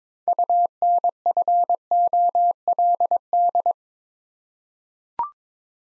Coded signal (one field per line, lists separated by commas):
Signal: Morse code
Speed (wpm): 22 wpm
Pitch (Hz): 700 Hz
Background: none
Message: UNFOLD